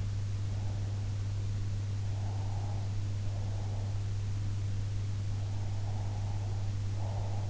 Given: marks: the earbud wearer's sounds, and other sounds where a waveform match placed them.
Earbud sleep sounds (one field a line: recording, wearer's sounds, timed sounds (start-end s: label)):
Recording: sounds in sleep by an in-ear microphone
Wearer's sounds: breath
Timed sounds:
2.18-4.02 s: breath
5.86-7.49 s: breath